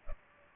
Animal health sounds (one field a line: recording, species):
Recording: mosquito wingbeat signal from an infrared sensor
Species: Culex pipiens